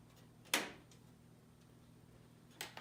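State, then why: Seated. A component is pushed into position at the back of a Cooler Master MasterBox Q300P PC case, with its audio inputs and outputs facing the bottom. It snaps into place with a sharp, bright click at 0.5 s, followed by a faint tick at 0.9 s and two softer clicks at 2.6 s and 2.8 s. The part is seated in the case.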